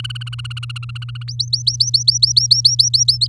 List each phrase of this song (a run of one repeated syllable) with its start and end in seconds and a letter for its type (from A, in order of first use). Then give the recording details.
0.00-1.23 A, 1.28-3.27 B. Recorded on 8 May 2018 at 10:07. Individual llb16